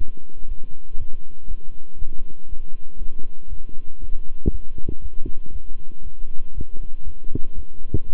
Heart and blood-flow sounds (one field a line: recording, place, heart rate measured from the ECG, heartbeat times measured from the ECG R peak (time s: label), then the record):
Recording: heart sounds by stethoscope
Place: between the tricuspid and mitral areas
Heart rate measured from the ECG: 119 bpm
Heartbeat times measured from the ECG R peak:
0.46 s: heartbeat
0.96 s: heartbeat
1.46 s: heartbeat
1.97 s: heartbeat
2.47 s: heartbeat
2.97 s: heartbeat
3.48 s: heartbeat
3.99 s: heartbeat
4.49 s: heartbeat
5.00 s: heartbeat
5.51 s: heartbeat
6.02 s: heartbeat
6.53 s: heartbeat
7.03 s: heartbeat
7.54 s: heartbeat
8.05 s: heartbeat
From the record:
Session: walking at 3.7 km/h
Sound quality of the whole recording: good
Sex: male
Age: 26 years